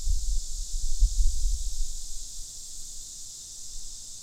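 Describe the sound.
Lyric cicada's unbroken high, sizzling drone, with low thumping rumbles in the first two seconds.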